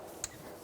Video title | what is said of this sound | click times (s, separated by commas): How to Replace Oil Pressure Switch 2005-2010 Toyota Tacoma 2.7L L4 | install the connector push into you hear a click | 0.2 s